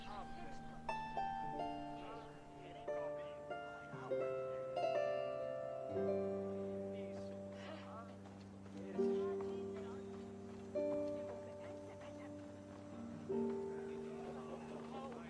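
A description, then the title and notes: Distant music drifts through a quiet medieval town: long held notes that change chord every couple of seconds, with fresh phrases starting near 4, 6, 9 and 11 seconds. Soft chatter murmurs underneath, and the overall level stays fairly even. Quiet medieval town. Distance music/chatter/horse cart.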